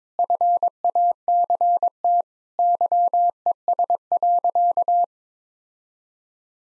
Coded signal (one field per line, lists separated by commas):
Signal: Morse code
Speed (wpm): 22 wpm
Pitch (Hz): 700 Hz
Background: none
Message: FACT YES.